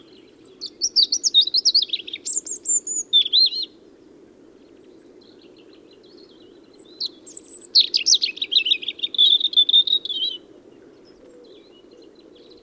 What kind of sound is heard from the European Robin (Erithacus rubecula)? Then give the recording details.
song. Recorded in the wild. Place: Brunn, Mecklenburg-Vorpommern, DE. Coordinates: 53.662, 13.335. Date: 1981-04-09 15:30. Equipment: Nagra III BH, Sennheiser MD 21, parabola. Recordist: Schubert, Michael